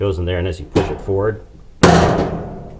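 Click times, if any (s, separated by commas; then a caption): 1.8 s. A dryer belt tensioner pulley assembly is set into its slots in the dryer base and pushed forward while someone talks. At 1.8 s it seats with a single sharp thump that rings out over the following second.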